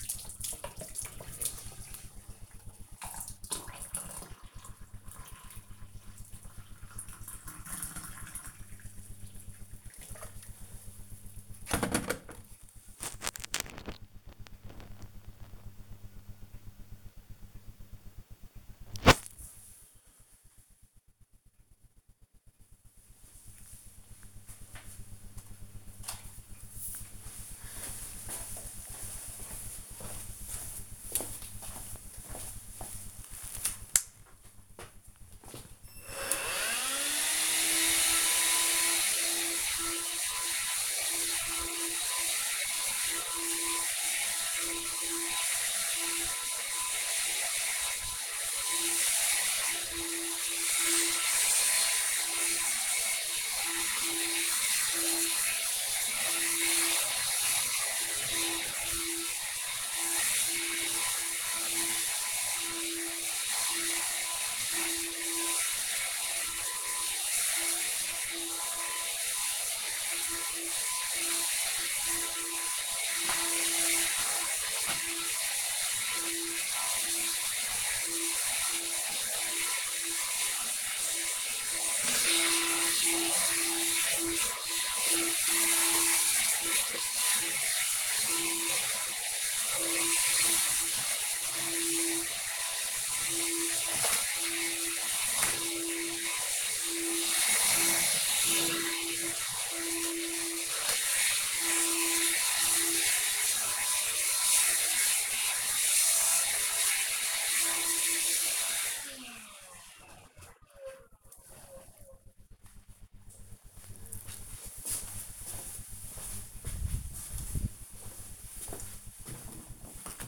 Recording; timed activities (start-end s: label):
household activities, microphone on the right wrist
0.00-12.86 s: making tea
34.02-108.55 s: vacuum cleaning